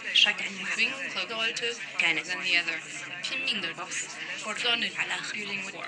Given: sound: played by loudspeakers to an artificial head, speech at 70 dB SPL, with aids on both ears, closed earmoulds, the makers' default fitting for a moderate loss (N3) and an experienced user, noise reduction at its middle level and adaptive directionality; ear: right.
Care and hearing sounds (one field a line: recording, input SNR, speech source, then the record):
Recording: speech test signal (ISTS) in cocktail-party noise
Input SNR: +3 dB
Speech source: in front (0 degrees)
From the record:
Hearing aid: class 2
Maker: G